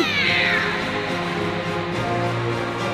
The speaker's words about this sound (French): Super miaou !